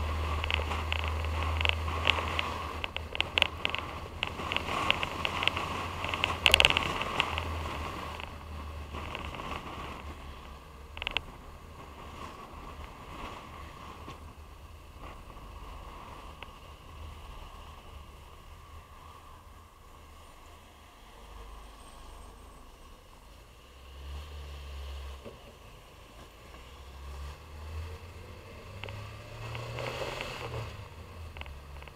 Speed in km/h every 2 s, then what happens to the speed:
48, 53, 53, 52, 48, 44, 39, 34, 24, 18, 13, 10, 11, 18, 24, 29.
2-22 slows to 10. 22-32 speeds up to 29.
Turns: 19-22.